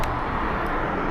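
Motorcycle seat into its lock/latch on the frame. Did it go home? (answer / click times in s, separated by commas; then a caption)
no / none. A tow operator tries to lock the seat of a totaled motorcycle into its latch on the frame, over steady, broadband vehicle and traffic-like noise with faint high-pitched hiss near 0.0 s and 0.6 s. The seat does not latch, and nothing has seated or clicked yet.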